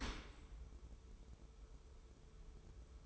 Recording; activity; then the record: daily activity, microphone in the room; open dishwasher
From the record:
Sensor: 1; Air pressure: 1015.0 hPa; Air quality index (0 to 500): 25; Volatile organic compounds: 0 ppm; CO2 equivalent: 503 ppm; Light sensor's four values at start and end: 13/30/12/13 and 13/30/12/13